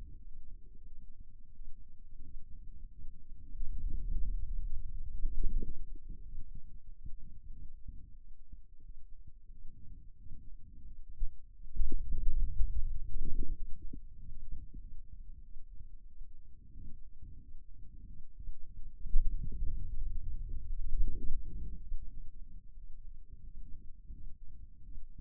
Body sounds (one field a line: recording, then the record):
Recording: forearm muscle sounds (acoustic myography)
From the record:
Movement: wrist flexion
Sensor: system 2, bracelet of six BSWA MPA416 microphones around the upper forearm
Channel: 3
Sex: male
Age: 22 years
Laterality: right